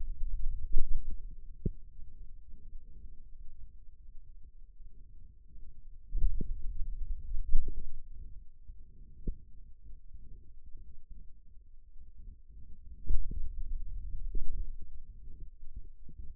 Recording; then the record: forearm muscle sounds (acoustic myography)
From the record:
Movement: finger pinch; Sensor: system 2, bracelet of six BSWA MPA416 microphones around the upper forearm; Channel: 1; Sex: male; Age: 22 years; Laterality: right